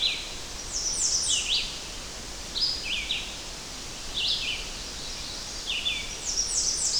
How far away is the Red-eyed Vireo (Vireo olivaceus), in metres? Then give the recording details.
about 30 m. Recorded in boreal forest in Alberta, Canada, on 10 June 2016 at 06:24. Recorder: SongMeter 3, array SBT-3-39. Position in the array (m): 203 m, 120 m